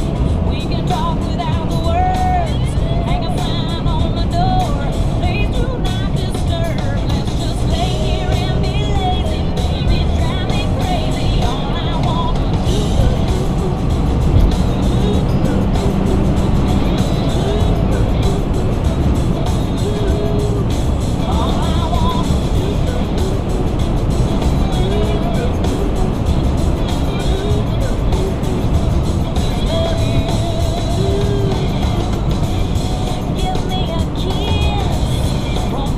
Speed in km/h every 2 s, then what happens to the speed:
151, 151, 150, 147, 153, 158, 163, 166, 166, 161, 158, 159, 158, 155, 150, 147, 147, 143.
0-7 steady at about 150. 7-16 speeds up to 166. 16-36 slows to 143.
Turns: none.